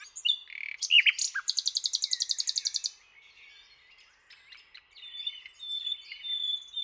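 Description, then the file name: Common nightingale song: a few sharp notes, then a long, even, very rapid trill of identical notes, followed by faint thin whistles and soft chatter. "Luscinia megarhynchos"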